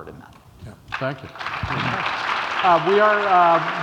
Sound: applause